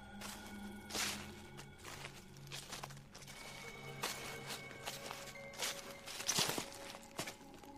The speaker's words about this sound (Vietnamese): Điều đặc biệt là cái bóng người con gái ấy đi một đôi hài đỏ, tiếng bước chân dẫm sột soạt trên đống lá cây đằng sau.